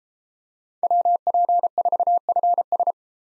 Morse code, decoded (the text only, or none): WP4FS